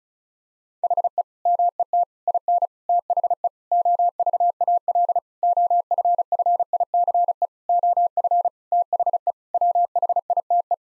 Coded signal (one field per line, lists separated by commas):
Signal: Morse code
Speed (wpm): 36 wpm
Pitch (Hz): 700 Hz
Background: none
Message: HE MET IN THE OVAL OFFICE OF THE WHITE